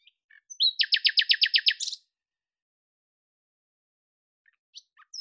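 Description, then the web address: Bird song: a quick burst of sharp downslurred notes in a fast trill, followed by a long pause and a few faint scattered chirps. "Deverinetal 2025"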